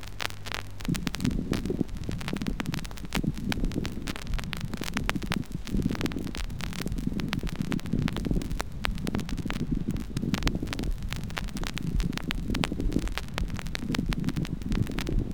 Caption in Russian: Влажных хрипов мелкого и среднего калибра. Влажные хрипы, так же как и сухие, могут выслушиваться как при вдохе, так и при выдохе.